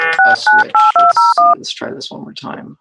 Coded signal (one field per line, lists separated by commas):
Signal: DTMF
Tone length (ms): 190 ms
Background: speech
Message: 698201